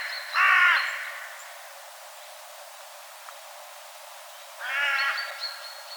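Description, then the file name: Carrion crow giving two hoarse caws several seconds apart, with quiet background between them. "Corvus corone"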